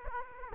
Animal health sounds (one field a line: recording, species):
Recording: mosquito wingbeat signal from an infrared sensor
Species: Aedes aegypti